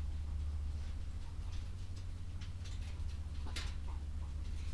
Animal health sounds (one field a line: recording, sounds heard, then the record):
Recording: poultry house recording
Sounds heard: sick chickens (respiratory disease)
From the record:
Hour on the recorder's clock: 21